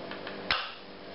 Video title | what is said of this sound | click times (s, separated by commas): Magnetic Offset or Overlapping Hinge Joint | that locks into place this one locks into place | 0.5 s